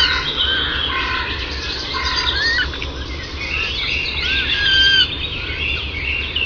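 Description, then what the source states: Several birds sing at once with bright whistles, chirps and short slurred phrases over continuous low background rumble. In the woods.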